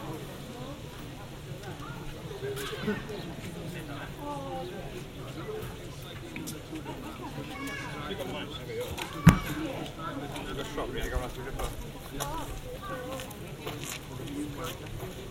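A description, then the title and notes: Busy café chatter fills the room, several voices overlapping at a steady moderate level with no single speaker standing out. Clinks and clatters of dishes punctuate it, with a sharp knock just past nine seconds, over a low constant hum. Botanic Garden Café. Carmarthenshire, July 2020. Recorded using the Sennheiser AMBEO Smart Headset.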